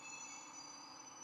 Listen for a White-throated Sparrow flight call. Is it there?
no